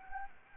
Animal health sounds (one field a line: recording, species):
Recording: mosquito wingbeat signal from an infrared sensor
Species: Anopheles gambiae